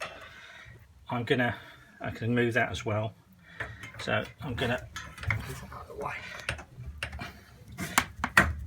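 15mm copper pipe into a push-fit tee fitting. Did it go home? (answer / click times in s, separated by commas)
yes / 8.4 s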